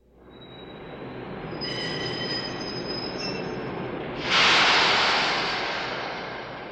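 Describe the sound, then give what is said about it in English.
A small French train at a station rumbles along with its wheels letting out high, steady metallic squeals, then a loud hissing burst joins in and slowly fades. “This is a train. It's a French train.”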